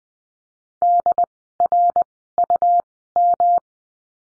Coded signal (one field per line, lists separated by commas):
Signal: Morse code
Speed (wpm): 20 wpm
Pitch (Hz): 700 Hz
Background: none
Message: DRUM